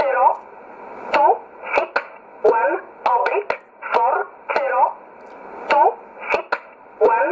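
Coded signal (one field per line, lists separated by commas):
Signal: numbers station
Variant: E11 Oblique, English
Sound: a voice reading short single words at a steady pace over shortwave radio, with crackles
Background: radio static crackles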